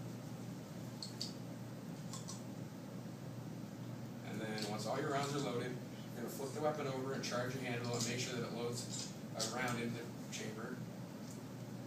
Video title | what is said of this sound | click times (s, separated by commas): Speech | once you hear it click you'll know that it's fully seated in and then | 1.0 s, 1.2 s